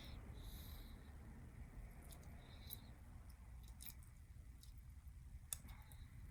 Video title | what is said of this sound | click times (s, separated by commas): Samsung S9 Plus Screen Replacement - LCD and Body - S9+ Repair | until you hit hail like a little click meaning that you have installed it and | 5.5 s